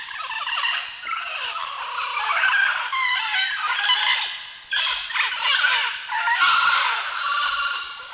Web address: Natures Songs S America Eastern Lowlands Amazona farinosa, calls